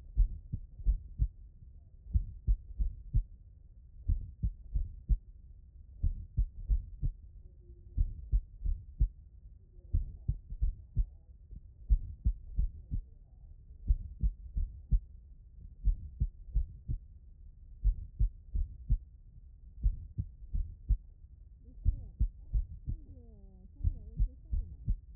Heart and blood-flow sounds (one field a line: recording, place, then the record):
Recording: heart sounds by stethoscope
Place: tricuspid valve (TV)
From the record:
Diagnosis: non-HFrEF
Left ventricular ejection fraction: 65%